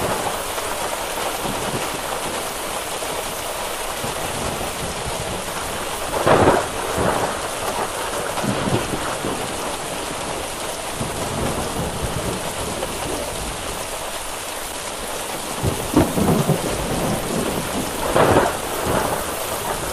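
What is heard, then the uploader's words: Steady, dense rain hisses across the whole clip, spattering evenly on surfaces. Low thunder rolls in and out underneath, with brief louder swells around six seconds, sixteen seconds and eighteen seconds that stand out over the constant downpour. Thunder Storm and Rain.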